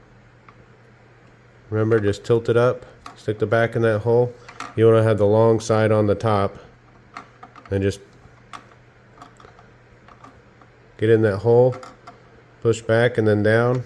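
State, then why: Not seated. Someone talks while tilting the water filter housing of a GE Opal Nugget Ice Machine and lining it up with the hole in the plastic reservoir, during a deep clean to fix bad-tasting ice. Small taps sound between about 7.2 and 10.6 seconds. The housing has not seated or clicked into place yet.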